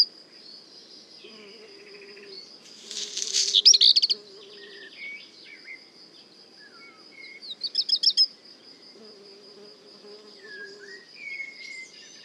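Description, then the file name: Black redstart gives a crackling, hissy burst and later a short rattling phrase, while another bird adds scattered whistled notes and a high insect trill runs throughout. At le Puech, singing alongside a common blackbird. "chant de rougequeue noir merle noir le Puech"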